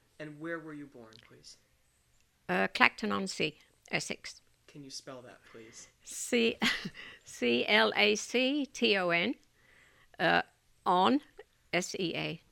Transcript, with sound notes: And where were you born, please?
Uh, Clacton-on-Sea, Essex.
Can you spell that, please?
( she laughs ) C-L-A-C-T-O-N on S-E-A.